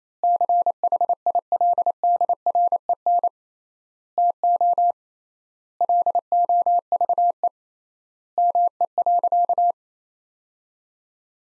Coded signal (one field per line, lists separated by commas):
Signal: Morse code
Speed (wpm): 27 wpm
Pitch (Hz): 700 Hz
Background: none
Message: CHILDREN TO LOVE ME.